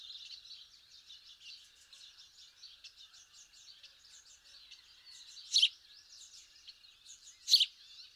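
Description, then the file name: House sparrow chirps: a steady mass of soft twittering from many birds, broken by two louder, sharper chirps near the end. "Passer domesticus"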